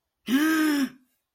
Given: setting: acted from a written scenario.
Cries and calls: vocal sound without words; fear

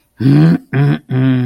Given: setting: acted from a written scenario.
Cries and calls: vocal sound without words; disappointment

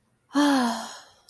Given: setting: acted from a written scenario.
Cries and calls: vocal sound without words; ecstasy

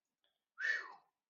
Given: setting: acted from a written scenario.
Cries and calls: vocal sound without words; relief

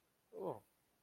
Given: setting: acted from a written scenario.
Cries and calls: vocal sound without words; neutral

